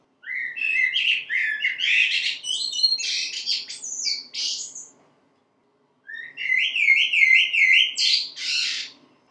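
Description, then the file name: Common blackbird song: two bursts of warbled, fluty phrases with squeaky higher notes, a pause of about a second between them, and a faint low hum beneath. "merlo"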